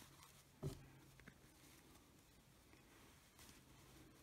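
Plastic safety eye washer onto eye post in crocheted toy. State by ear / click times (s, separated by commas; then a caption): not seated / none. A plastic backing washer is handled and pushed toward the shank of a plastic safety eye set through a crocheted unicorn head. There is a brief low thump near 0.7 s, then faint rustling handling noise. Nothing has seated or clicked yet.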